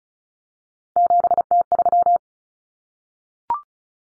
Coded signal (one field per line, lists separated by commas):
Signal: Morse code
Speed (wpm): 34 wpm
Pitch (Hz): 700 Hz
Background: none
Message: 7T3